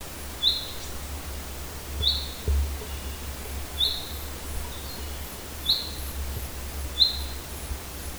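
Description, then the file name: Common chaffinch calls, short high notes repeated every second or two over a steady low hum. "Fringilla coelebs"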